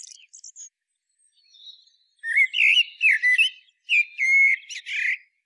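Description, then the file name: Common blackbird song: a few faint high squeaks, then fluty warbled phrases that break into squeaky twittering flourishes, two bursts in quick succession. "Turdus merula"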